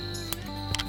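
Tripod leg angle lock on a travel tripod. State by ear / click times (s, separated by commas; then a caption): seated / 0.3 s, 0.8 s. The legs of a travel tripod are folded down from their low-angle spread back into the normal stance. The leg angle lock gives short clicks at 0.3 s and 0.8 s over a steady tonal hum, and it clicks back into place in the normal stance.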